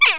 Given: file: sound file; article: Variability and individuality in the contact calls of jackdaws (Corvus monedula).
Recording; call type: jackdaw call; harmonic